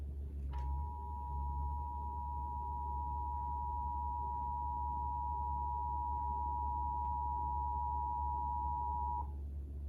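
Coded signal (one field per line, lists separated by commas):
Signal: Emergency Alert System (SAME) tones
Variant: 853 and 960 Hz attention tone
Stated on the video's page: Real Required Monthly Test on a North Dakota TV station, airing during a commercial.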